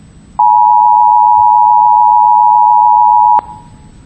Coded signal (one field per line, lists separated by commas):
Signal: Emergency Alert System (SAME) tones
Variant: 853 and 960 Hz attention tone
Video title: DEF CON 16 Hacking Conference Presentation By DCFLUX - Flux on EAS - Video and Slides